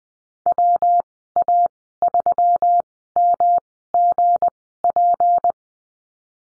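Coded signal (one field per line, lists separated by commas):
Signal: Morse code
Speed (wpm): 19 wpm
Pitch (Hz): 700 Hz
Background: none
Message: WA3MGP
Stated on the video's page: Morse code course lesson on the number 7 and call signs, with Farnsworth speed of 20/10 wpm.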